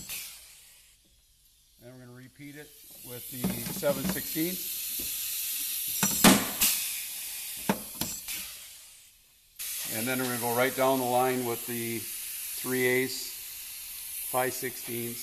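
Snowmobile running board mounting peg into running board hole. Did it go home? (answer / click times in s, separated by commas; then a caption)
yes / 6.2 s. A 7/16 in. peg on a Pro-lite running board is set into a hole on an Arctic Cat ProClimb snowmobile, and the running board is pulled with steady pressure until the peg snaps into place at 6.2 s, repeating the step just done with the 1/2 in. peg. Someone talks before and after, and two short, sharper ticks follow at about 7.7 s and 8.0 s.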